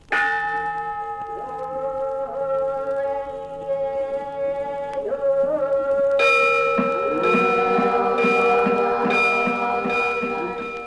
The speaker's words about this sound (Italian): Nei templi dell'antica Cina, il canto e le campane dei monaci buddisti risvegliano sonorità misteriose.